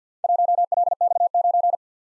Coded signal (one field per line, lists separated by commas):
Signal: Morse code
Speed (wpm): 52 wpm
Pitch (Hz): 700 Hz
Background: none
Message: 1LX9